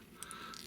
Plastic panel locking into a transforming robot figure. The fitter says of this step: almost kind of have to bend it. It locks into place. Everything's nice and secure.